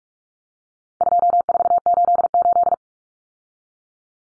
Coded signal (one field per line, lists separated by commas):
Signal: Morse code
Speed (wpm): 44 wpm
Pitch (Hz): 700 Hz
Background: none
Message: 2488